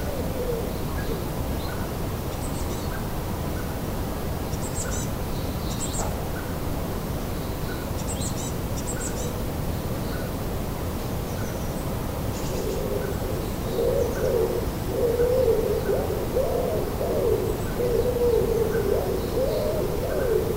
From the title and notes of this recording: Bird chorus at sunrise in Danish city. A dawn chorus of chirping birds during sunrise in Denmark. It is a Saturday morning in late April.